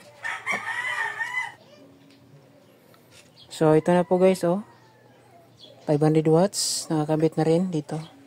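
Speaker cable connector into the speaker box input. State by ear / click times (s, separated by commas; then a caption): not seated / none. A speaker cable connector is handled at the input of an MCV D15 speaker box loaded with a 500 W TOSUNRA 1508 speaker. Someone talks while roosters crow loudly and repeatedly in the background, and there are faint short ticks around 2.1 s and 2.9 s. The clip ends before the connector goes home, so nothing has seated or clicked yet.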